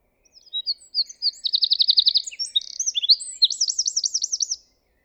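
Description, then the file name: Eurasian wren singing a brisk, high-pitched phrase of tumbling notes and quick rattling trills, ending in a bouncy rolling trill and then silence. "Troglodytes troglodytes"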